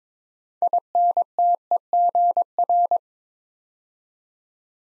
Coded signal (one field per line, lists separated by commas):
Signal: Morse code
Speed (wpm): 22 wpm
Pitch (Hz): 700 Hz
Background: none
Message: INTEGR